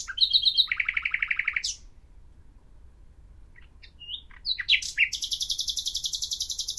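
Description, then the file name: Common nightingale song: a buzzy, rattling phrase, a quiet gap, then scattered sharp notes leading into a long, fast, even trill. "Luscinia megarhynchos"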